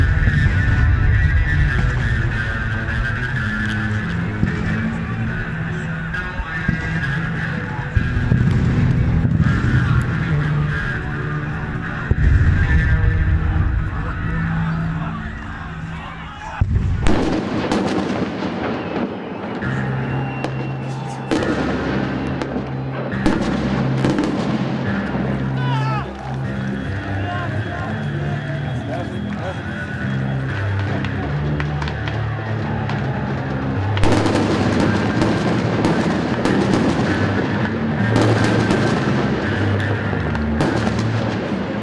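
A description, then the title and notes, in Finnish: Documentary recording from a street protest in Belarus, dense and loud throughout. A crowd's voices and chanting fill the scene while sharp bangs and cracks burst out repeatedly, clustering around 17–27 seconds and again near 34 seconds, over a low, steady rumble. Kaikki projektin äänet ovat aitoja, dokumentaarisia ääniä, jotka on nauhoitettu Valkovenäjällä meneillään olevissa mielenosoituksissa.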